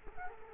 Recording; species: mosquito wingbeat signal from an infrared sensor; Culex quinquefasciatus